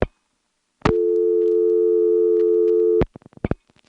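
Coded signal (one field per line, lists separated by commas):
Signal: telephone call progress tone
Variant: North America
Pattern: dial tone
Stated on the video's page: Call progress tone from a senderized XY step-by-step switching office, program 1.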